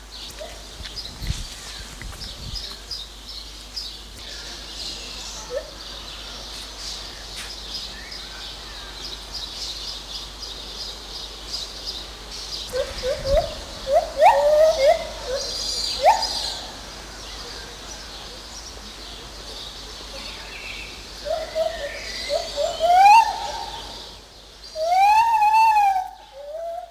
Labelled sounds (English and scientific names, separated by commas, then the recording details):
Lar Gibbon (Hylobates lar)
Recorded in captivity
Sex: pair
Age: adult
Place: Zoo Berlin, Berlin, DE
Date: 2004-06-07 13:20
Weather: heiter bis wolkig, 23-25°C
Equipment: Sony WM-D6C, Sennheiser ME 80, Kopie Uher 4000 Report Monitor
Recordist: Tembrock, Günter